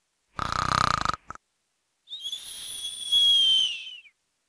Snoring.